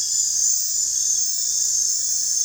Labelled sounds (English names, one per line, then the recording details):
none
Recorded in dense forest near Puerto Asís, Putumayo, Colombia, on 23 June 2025 at 22:00
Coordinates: 0.468, -76.322
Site GP03